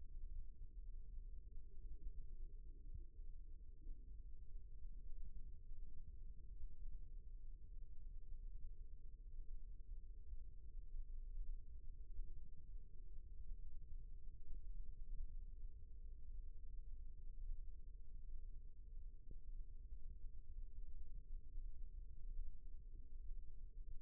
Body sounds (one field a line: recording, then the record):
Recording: forearm muscle sounds (acoustic myography)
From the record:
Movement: rest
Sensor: system 1, eight BSWA MPA416 microphones around the upper forearm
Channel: 3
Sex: male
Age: 18 years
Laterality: right